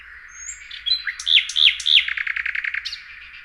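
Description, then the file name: Common nightingale phrase: a few thin whistles, three loud looping notes, then a quick series of repeated chattering notes. "Luscinia megarhynchos"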